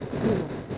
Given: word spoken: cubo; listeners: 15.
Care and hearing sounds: one Spanish word in noise, from a listening test; noise modulated by three-talker babble; -3.2 dB; 3 of 15; 6 of 15; 0.38 s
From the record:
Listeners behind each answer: 6, 3, 3, 1, 1, 1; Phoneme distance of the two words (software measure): 10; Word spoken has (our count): 2 syllables, 4 phonemes, stress on syllable 1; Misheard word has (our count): 2 syllables, 4 phonemes, stress on syllable 1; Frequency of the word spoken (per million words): 5.40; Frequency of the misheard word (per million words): 232.63

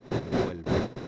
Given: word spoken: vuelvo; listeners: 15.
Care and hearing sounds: one Spanish word in noise, from a listening test; noise modulated by one talker; -10.7 dB; 1 of 15; 11 of 15; 0.68 s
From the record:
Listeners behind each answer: 11, 1, 1, 1, 1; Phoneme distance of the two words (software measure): 10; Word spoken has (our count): 2 syllables, 6 phonemes, stress on syllable 1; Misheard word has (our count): 2 syllables, 6 phonemes, stress on syllable 1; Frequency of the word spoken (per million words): 12.08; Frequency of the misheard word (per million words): 90.45

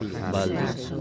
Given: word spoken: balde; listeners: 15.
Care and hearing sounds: one Spanish word in noise, from a listening test; eight-talker babble; -0.7 dB; 0 of 15; 7 of 15; 0.61 s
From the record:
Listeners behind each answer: 7, 3, 1, 1, 1, 1, 1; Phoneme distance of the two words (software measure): 17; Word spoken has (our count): 2 syllables, 5 phonemes, stress on syllable 1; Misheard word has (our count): 2 syllables, 6 phonemes, stress on syllable 1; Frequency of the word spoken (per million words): 4.38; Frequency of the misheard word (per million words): 0.22

